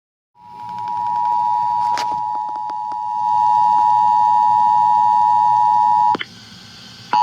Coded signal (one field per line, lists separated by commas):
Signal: Emergency Alert System (SAME) tones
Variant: 853 and 960 Hz attention tone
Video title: AN RMT THAT SUCCEDS FOR ONCE! Broadcast Radio EAS: Required Monthly Test (EAS #409-410)